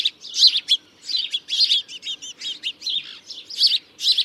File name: Passer domesticus